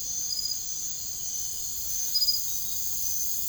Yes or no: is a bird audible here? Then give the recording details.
no. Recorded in secondary vegetation near Puerto Asís, Putumayo, Colombia, on 21 March 2025 at 03:30. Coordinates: 0.489, -76.322. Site G042